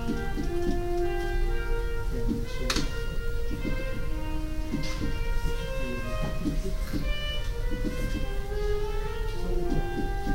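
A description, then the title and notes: A girl practices the saxophone in a library sound booth, playing held notes that step up and down in pitch with short pauses between phrases. Brief key clicks and taps punctuate the playing, with sharp ones near three, five and seven seconds. Recording of a girl practicing the saxophone in the special sound booth of the public library. You can also hear another girl wearing headphones hammering the keys of a electronic piano.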